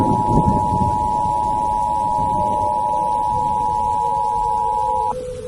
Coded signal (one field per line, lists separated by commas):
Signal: Emergency Alert System (SAME) tones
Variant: 853 and 960 Hz attention tone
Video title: FROM THE ARCHIVES: EAS Mock - Dodgy Disaster